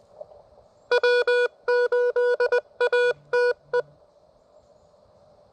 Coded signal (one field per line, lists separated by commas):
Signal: Morse code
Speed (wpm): 20 wpm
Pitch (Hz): 490 Hz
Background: none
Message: W8ATE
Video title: Frustrating.....but awesome! First Elecraft KX1 CW POTA activation at K-5221 9/30/23